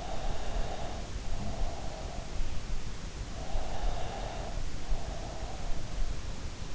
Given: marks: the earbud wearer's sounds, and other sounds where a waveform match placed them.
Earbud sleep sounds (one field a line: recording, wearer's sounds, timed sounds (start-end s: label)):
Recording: sounds in sleep by an in-ear microphone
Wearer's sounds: breath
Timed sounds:
0.00-2.40 s: breath
3.26-5.93 s: breath